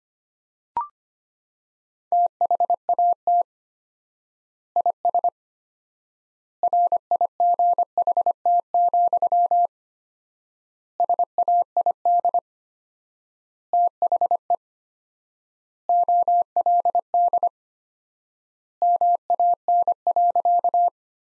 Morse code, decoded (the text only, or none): THAT IS RIGHT, SAID THE OLD MAN.